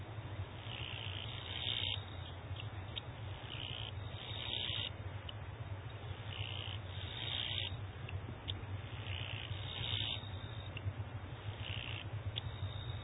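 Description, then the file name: Japanese bush cricket song: harsh, buzzy bursts repeating every second or two, some closely doubled, over a steady low hum. "kirigirisu"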